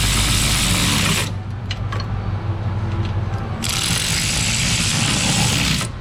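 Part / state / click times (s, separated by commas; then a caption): click-type torque wrench on car body bolts / torque reached / 1.7 s, 1.9 s. A power tool runs car body bolts down with a loud, steady whir, then stops. In the quieter gap, a click-type torque wrench clicks at its setting on the bolts at 1.7 s and 1.9 s. The power tool whirs again from about 3.6 s to 5.9 s.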